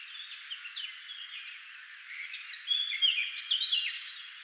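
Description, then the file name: Eurasian blackcap song: a soft warble of varied high notes that grows louder in the second half. "Sylvia atricapilla"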